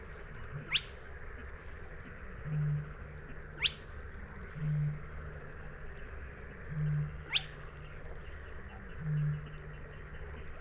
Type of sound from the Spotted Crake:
song